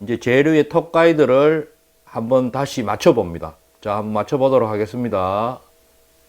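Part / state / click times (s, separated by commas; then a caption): fishing rod tip section into the next rod section joint / not seated / none. A man talks while the sanded, repaired tip section of a fishing rod is handled for pushing back into the joint of the next rod section to test the fit. Speech fills most of the clip, with short pauses and no distinct mechanical sound. The tip section has not seated or clicked into the joint yet.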